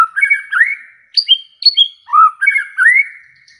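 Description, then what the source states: White-rumped shama: rich whistled song of rising slurs, warbled notes and a few sharp high whistles. Lure recording of an actively singing (gacor) white-rumped shama, played to make other shamas respond and sing straight away.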